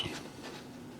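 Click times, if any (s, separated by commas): none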